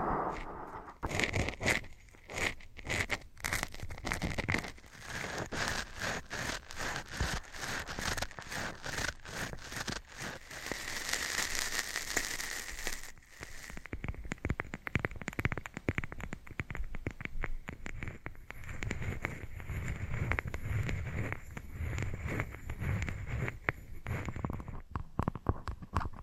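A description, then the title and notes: Scratching and tapping triggers fill the clip with dense, crackly scraping and a rapid run of sharp taps. The sounds are bright and busy throughout, with a rougher, louder scratching stretch around the middle. Later the strokes turn lower and fuller, and the activity stays steady to the end. TimASMR-Scratching & Tapping Triggers. (NO TALKING).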